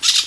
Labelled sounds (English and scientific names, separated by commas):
Brown-throated Parakeet (Eupsittula pertinax) contact call